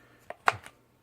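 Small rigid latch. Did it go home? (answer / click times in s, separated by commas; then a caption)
yes / 0.5 s. A replacement folding stock release latch, already partly popped in, is pushed down into the folding stock of a WE MSK gas blowback airsoft rifle. A faint tick at 0.3 s is followed by a sharp click at 0.5 s and a softer tick at 0.7 s. The latch clicks home and is seated.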